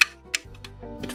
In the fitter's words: That's very nice. Locks in place.